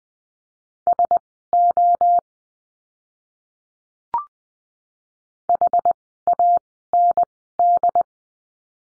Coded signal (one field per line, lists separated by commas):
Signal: Morse code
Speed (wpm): 20 wpm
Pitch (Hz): 700 Hz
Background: none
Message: SO HAND